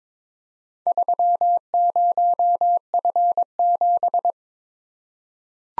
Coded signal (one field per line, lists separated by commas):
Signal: Morse code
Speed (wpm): 22 wpm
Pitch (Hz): 700 Hz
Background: none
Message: 30F7